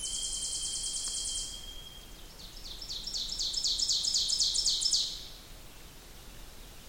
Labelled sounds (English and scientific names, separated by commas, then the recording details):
Ovenbird (Seiurus aurocapilla) song
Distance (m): 45 m
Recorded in boreal forest in Alberta, Canada, on 2 June 2016 at 06:37
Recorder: SongMeter 3, array SBT-3-7
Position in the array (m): 341 m, 105 m
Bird 44